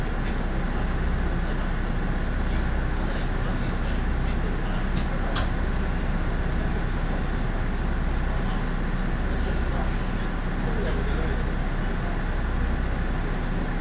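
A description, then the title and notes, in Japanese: A ride on the Tarumi Railway from Morera Gifu toward Tarumi: a steady, dense rumble of the running train fills the whole clip, with a low throbbing pulse that swells and eases every second or so. Faint clicks and squeaks come through around five and eight seconds. 樽見鉄道 モレラ岐阜→樽見。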